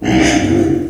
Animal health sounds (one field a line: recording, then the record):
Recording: squeal of a Yucatan mini pig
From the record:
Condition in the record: before surgery on the right vocal fold (resection and tissue-engineered implant)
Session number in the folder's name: 3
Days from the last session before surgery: 0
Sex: female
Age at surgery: 19 weeks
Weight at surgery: 25 kg